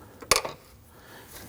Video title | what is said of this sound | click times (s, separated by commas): How to Replace Intake VVT Solenoid 2013-2019 Ford Police Interceptor Utility 3.7L V6 | and push it on. You can hear it and feel it click into place. | 0.3 s